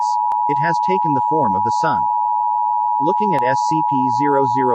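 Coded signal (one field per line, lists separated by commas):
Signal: Emergency Alert System (SAME) tones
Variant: 853 and 960 Hz attention tone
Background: speech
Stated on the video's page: Fictional EAS scenario based on SCP-001, a horror recreation.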